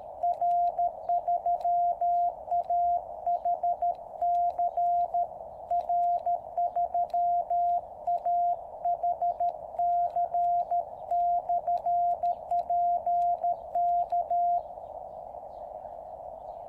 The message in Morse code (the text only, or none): R3AHC R3AHC/P K